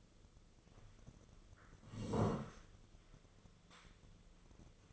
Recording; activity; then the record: daily activity, microphone in the room; sit down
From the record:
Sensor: 4